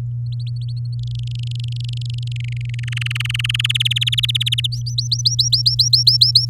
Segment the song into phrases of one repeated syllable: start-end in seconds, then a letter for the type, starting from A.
0.26-0.95 A, 0.99-2.32 B, 2.36-2.84 C, 2.87-3.67 D, 3.69-4.67 E, 4.72-6.45 F